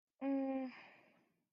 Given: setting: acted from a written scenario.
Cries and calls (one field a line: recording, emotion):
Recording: vocal sound without words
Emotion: distress